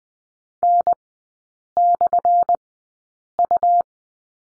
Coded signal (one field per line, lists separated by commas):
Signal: Morse code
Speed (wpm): 20 wpm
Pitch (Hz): 700 Hz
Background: none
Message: N/U